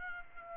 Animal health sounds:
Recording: mosquito wingbeat signal from an infrared sensor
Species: Aedes aegypti

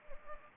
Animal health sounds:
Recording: mosquito wingbeat signal from an infrared sensor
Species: Anopheles gambiae

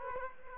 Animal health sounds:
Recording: mosquito wingbeat signal from an infrared sensor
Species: Culex quinquefasciatus

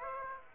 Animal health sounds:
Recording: mosquito wingbeat signal from an infrared sensor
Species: Aedes aegypti

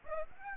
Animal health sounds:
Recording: mosquito wingbeat signal from an infrared sensor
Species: Aedes aegypti

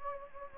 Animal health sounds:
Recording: mosquito wingbeat signal from an infrared sensor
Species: Anopheles gambiae

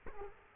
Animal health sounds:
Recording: mosquito wingbeat signal from an infrared sensor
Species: Culex quinquefasciatus

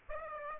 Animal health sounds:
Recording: mosquito wingbeat signal from an infrared sensor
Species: Aedes aegypti

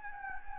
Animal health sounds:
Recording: mosquito wingbeat signal from an infrared sensor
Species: Anopheles gambiae

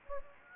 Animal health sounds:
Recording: mosquito wingbeat signal from an infrared sensor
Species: Anopheles gambiae

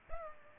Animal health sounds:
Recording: mosquito wingbeat signal from an infrared sensor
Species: Culex pipiens

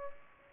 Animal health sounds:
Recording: mosquito wingbeat signal from an infrared sensor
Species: Aedes aegypti

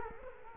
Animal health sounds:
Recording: mosquito wingbeat signal from an infrared sensor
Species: Culex quinquefasciatus

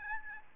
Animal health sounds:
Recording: mosquito wingbeat signal from an infrared sensor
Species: Aedes albopictus

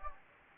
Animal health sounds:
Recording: mosquito wingbeat signal from an infrared sensor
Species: Anopheles gambiae

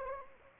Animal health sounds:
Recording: mosquito wingbeat signal from an infrared sensor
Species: Anopheles arabiensis

